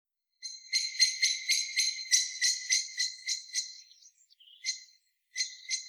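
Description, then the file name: Common blackbird calling with a long, fast run of hard, clicking chinks at about four per second, then a brief pause and a new burst. "Turdus merula"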